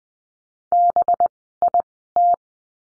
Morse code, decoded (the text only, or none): BIT